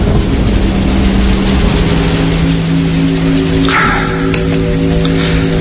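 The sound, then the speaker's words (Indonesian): Heavy rain pours in a steady, dense hiss with a low rumbling undertone, splashing everywhere near midnight, and a brighter burst of splashing rises briefly near the end. “Karena saat itu hujan yang cukup besar menyiprat kemana-mana.”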